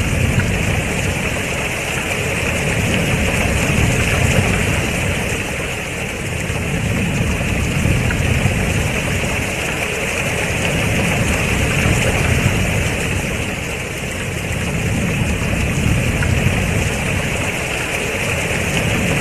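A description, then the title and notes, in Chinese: Steady natural rain falls throughout, a dense, even hiss spread from low rumble to bright high tones. The loudness barely changes, with slow, gentle swells in the low end every few seconds, like wind or water flow underneath. 自然下雨声。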